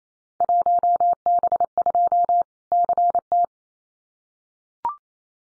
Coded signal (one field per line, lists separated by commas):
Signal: Morse code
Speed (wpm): 28 wpm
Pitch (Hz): 700 Hz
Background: none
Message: 1B2 CT